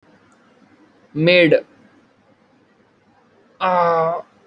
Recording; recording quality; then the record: sustained vowel as in made; moderate, slight background noise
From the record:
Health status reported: healthy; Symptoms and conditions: cough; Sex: male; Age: 20 years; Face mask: not worn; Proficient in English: yes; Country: India